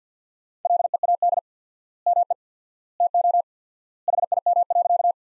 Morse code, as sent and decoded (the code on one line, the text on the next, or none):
.-.. . .- -.. / -- . / - --- / .... .. -- .-.-.-
LEAD ME TO HIM.